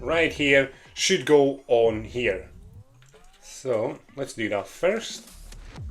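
Someone talks while lining up a hole in a wooden exhaust part with a peg on a ROKR Mechanical Cruiser Motorcycle wooden model, with only faint, brief handling sounds between the words. The part is not yet pressed home, and nothing has seated or clicked yet.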